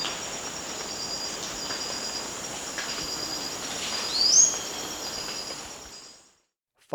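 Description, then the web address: Blue-rumped manakin call: one brief high rising note near the end, against a continuous high insect buzz that then cuts out. Recorded in Ecuador. "Birds of Ecuador. Blue-Rumped Manakin"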